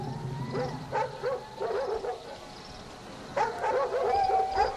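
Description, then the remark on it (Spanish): Dogs bark at night in repeated bursts of sharp, high-pitched yaps, some drawn out into whiny yelps, with a short lull midway before a louder run of barking. No one speaks. “A la séptima noche, en cuanto oyó los ladridos, salió de su casa.”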